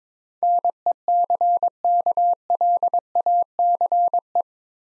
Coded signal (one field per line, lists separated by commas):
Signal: Morse code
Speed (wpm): 22 wpm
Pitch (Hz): 700 Hz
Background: none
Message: NECKLACE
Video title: Easy Words with Hints - 22wpm